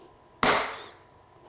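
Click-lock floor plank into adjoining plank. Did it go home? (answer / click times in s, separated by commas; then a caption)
yes / 0.4 s. A click-lock floor plank is seated into the adjoining plank, closing its click-lock joint with a single sharp wooden click at 0.4 s. The click rings out briefly and fades by about 1.0 s. The plank snaps home and is seated.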